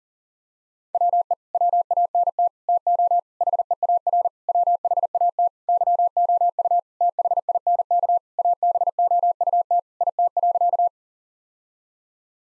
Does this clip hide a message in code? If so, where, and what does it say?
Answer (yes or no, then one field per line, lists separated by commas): yes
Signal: Morse code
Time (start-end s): 0.9-10.9 s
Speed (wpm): 40 wpm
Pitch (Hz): 700 Hz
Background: none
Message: WE WANT TO HEAR WHAT YOU THINK ABOUT IT.